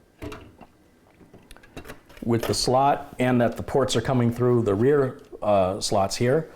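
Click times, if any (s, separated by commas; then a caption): none. A graphics card is positioned over a motherboard PCIe slot, with its ports lined up with the rear case slots, before being pushed in. Soft handling knocks come at about 0.2 and 0.3 s, and a few faint ticks follow between 1.5 and 1.8 s, then someone talks. Nothing has seated or clicked yet.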